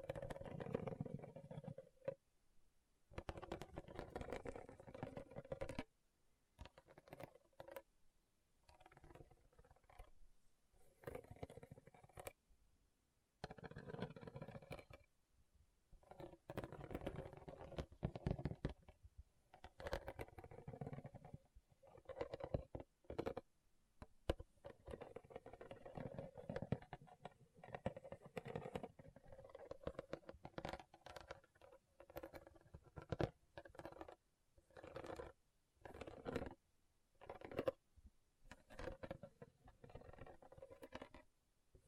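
Tapping and scratching on rhinestones runs for the whole stretch in busy bursts of quick, light clicks and rustling scrapes. The bursts are broken by frequent short silences, some lasting a second or two. Loudness rises and falls unevenly, with a soft low rumble under the denser passages.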